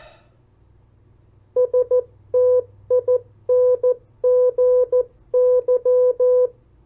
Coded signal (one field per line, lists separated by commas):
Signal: Morse code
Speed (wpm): 14 wpm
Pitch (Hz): 500 Hz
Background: none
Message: STINGY